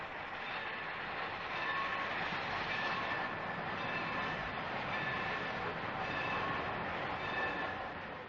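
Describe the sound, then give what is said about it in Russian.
A train rolls steadily past a small station of the state railways, a continuous heavy rumble laced with thin, high metallic whines from the wheels, swelling slightly and holding for the whole stretch with no voices. “Каждый день я прихожу на эту небольшую станцию государственных железных дорог, чтобы кого-то встретить.”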